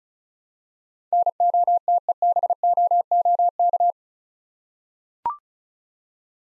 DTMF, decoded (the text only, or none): none